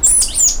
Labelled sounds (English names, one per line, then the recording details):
Stitchbird song
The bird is a male
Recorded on Tiritiri Matangi Island, New Zealand, in 2005
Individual 1, of nest box 1